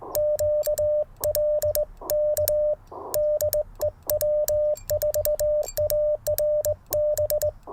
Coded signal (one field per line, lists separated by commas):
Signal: Morse code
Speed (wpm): 20 wpm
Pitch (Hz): 600 Hz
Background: none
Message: QL K DE W4ARB